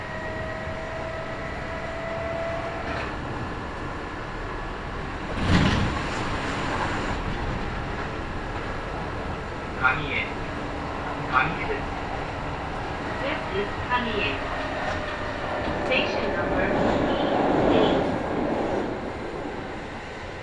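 A Kintetsu Nagoya Line local train ride from Kintetsu Nagoya toward Kanie, with a steady low rumble of the running train throughout. A loud burst of noise comes around five seconds in, followed by scattered clanks and thumps, and thin whining tones run in the background.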